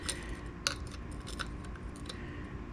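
A steel SRAM direct-mount chainring is lined up and pushed onto a direct-mount bicycle crank, with faint metallic fiddling and small ticks around it. At 0.7 s a sharp click is heard as the chainring pops into place, and it is seated on the crank.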